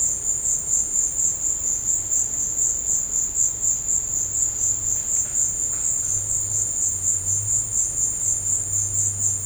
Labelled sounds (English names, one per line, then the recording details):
none
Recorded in dense forest near Puerto Asís, Putumayo, Colombia, on 26 December 2024 at 15:00
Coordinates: 0.468, -76.322
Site G071